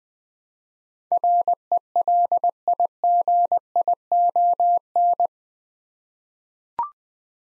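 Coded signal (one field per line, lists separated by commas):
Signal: Morse code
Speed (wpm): 20 wpm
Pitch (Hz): 700 Hz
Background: none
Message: RELIGION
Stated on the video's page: Morse head-copy drill of eight-letter words at 20 wpm, each word sent twice.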